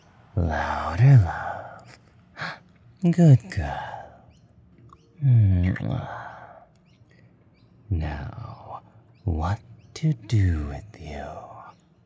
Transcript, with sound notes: Louder love.
Good girl.
[kiss]
Now… what to do with you.